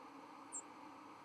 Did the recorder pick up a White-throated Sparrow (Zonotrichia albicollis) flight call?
no